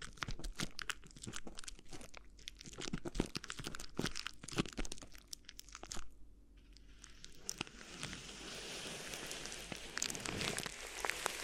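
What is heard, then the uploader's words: Bright crinkling and crunching of rustling material in dense bursts, pausing near six seconds, then a steadier rubbing hiss. ASMR Addictive Crinkly Ear Massage (No Talking).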